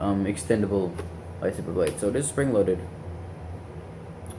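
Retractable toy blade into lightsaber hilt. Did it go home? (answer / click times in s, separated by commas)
yes / 4.3 s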